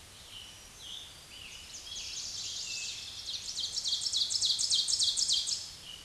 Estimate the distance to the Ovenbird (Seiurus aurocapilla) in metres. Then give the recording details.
about 15 m. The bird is about 5 m above the microphone. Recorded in a Pennsylvania forest on 16 May 2024 at 06:30. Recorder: AudioMoth, point MSD-2376. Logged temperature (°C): 16.7 °C. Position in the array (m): 135 m, 5 m